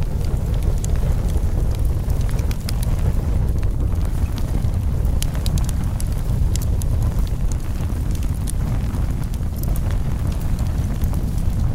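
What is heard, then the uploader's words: A wood fire burns in a stove with a steady, low, rushing roar of flames that stays even throughout. Small sharp crackles and pops break through often and irregularly, some brighter snaps standing out, over a dense, rumbling bed of sound. Fire Burning in a Wood Stove. With only natural soundscapes and no dialogue or voice. Sounds of a wood stove fire, as it crackles and pops.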